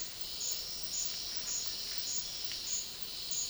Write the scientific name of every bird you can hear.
none